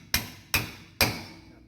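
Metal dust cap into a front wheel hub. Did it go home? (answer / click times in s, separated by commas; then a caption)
yes / 0.1 s, 0.5 s, 1.0 s. A hammer taps a metal grease/dust cap onto a front brake rotor hub with three light, sharp blows at 0.1, 0.5 and 1.0 seconds. Each strike rings briefly in the upper frequencies before fading. The cap ends up seated in the hub without being beaten up.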